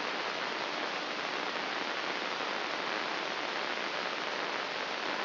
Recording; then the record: brain microelectrode recording played as sound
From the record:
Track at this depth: inside the subthalamic nucleus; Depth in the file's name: 4.585 mm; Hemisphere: left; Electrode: 2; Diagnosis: Parkinson's disease